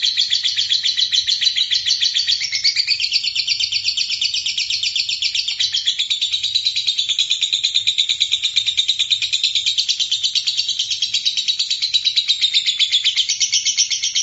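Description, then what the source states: Bird song, continuous fast high-pitched twittering and trilling, phrases running together without a break for the whole stretch. Masteran training recording used for tutoring other birds.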